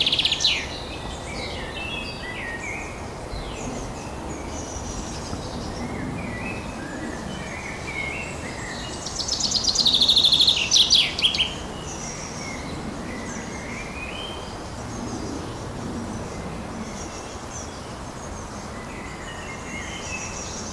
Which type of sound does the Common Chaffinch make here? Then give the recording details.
song. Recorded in the wild. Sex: male. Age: adult. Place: Forsthaus Dreilinden, Wannsee, Berlin, DE. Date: 1997-06-08 15:52. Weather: fair, ca. 26°C, gusty winds. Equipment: Nagra SN, Kopie Uher 4000 Report Monitor. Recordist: Tembrock, Günter